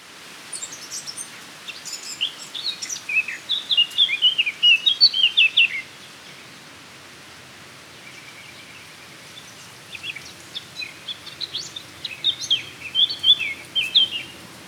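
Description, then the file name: Eurasian blackcap singing two bursts of rich, fast warbling with varied high notes, separated by a pause of about four seconds. "Sylvia atricapilla"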